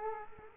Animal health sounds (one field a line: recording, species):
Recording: mosquito wingbeat signal from an infrared sensor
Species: Culex quinquefasciatus